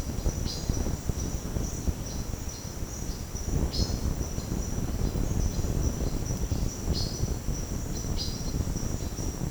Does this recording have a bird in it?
yes